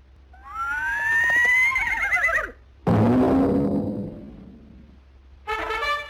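A horse neighs in a long, shrill whinny that wavers and drops, then gives a rough, breathy snort, and a second quavering whinny starts at the end. No one speaks.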